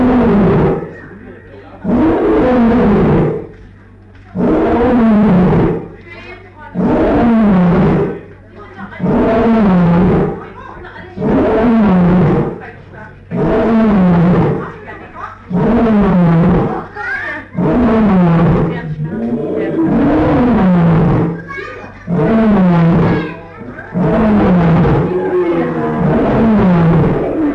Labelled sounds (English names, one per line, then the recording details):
Lion call
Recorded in captivity
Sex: diverse
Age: adult
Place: Tierpark Berlin, Berlin, DE
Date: 1959-07-24
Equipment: Smaragd
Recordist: TSA